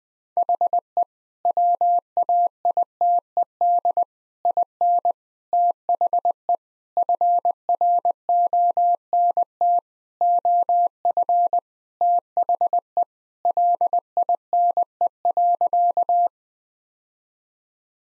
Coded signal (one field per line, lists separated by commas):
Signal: Morse code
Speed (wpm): 21 wpm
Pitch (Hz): 700 Hz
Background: none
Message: HE WAITED IN THE FRONT OF THE LINE.